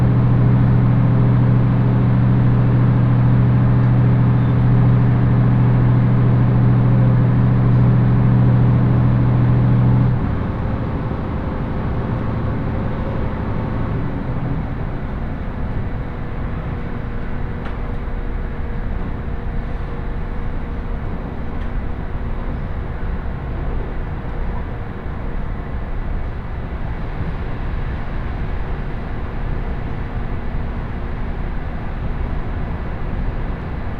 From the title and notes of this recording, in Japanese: 仙石東北ライン快速 石巻→高城町。帰りは仙石東北ラインの快速に乗ります。ハイブリッド気動車HB-E210系。４両編成。